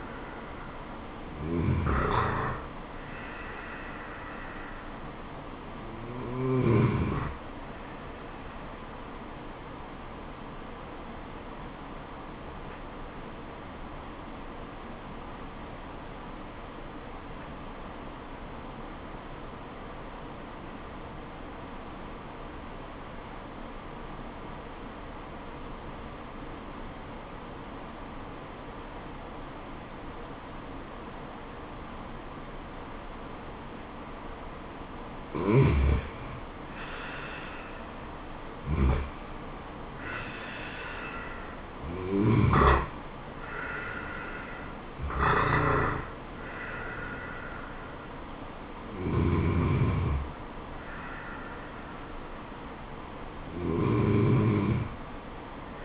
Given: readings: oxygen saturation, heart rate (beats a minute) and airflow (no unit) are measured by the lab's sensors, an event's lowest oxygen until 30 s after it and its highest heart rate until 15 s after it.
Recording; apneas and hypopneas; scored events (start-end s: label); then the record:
breathing in sleep by a voice recorder at the bedside; 1
12.00-37.30 s: obstructive apnea (N2, oxygen 96% highest, then 88% lowest, heart rate 73 at the start, 78 highest)
From the record:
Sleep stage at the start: N2 (light sleep); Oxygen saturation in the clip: 89 to 96%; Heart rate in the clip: 67 to 78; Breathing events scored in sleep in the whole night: 426 in 7.4 hours asleep